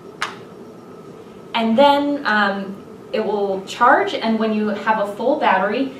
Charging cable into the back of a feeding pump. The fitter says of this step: take the charging cable plug it into the back until you hear a click